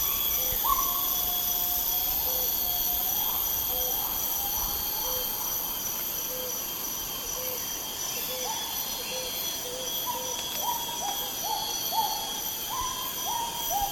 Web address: PJGNGLUMUT. helmeted hornbill